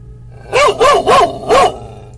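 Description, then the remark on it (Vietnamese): An old dog named Mực barks at a woman four times in quick succession, glaring fiercely, each bark loud, harsh and rough-edged with an aggressive, snarling tone, followed by a brief quiet moment. “Nó hằn đôi mắt hung dữ lên nhìn cô mà sủa.”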